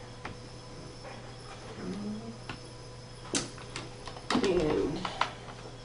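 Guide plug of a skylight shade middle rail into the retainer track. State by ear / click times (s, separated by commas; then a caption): not seated / none. Plastic guide plugs on the middle rail of a cellular skylight shade are handled against a lubricated aluminium retainer track while someone talks, with a few brief handling knocks and rustles. Nothing has seated or clicked into the track yet.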